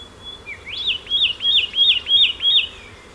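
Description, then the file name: Satin flycatcher call: one rising lead note, then five repeated whistled notes that climb and drop, about three per second, with faint background hiss. "Myiagra Cyanoleuca"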